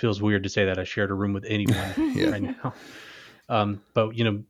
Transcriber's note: laugh